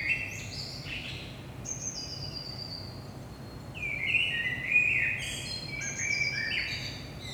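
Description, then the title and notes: Common blackbird song: low fluted warbling phrases, each ending in high thin twittering notes, over a steady low background rumble. Recorded in Saint-Gilles, Belgium, at 5 am in the early morning; DPA 4060 microphones in AB position into a Zoom F3 recorder. "Saint-Gilles, Belgique - 5am Blackbird. Blackbird in the morning. Merle au petit matin"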